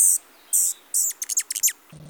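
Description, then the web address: Hummingbird giving very high, thin calls: three longer sharp buzzy notes, then a quick burst of short chattering chips, ending with a brief low hum. Wild hummingbirds in summer. "soundswild hummers"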